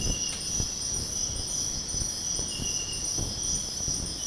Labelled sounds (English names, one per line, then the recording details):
none
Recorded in pastures near Puerto Asís, Putumayo, Colombia, on 22 June 2025 at 05:00
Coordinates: 0.496, -76.326
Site GP01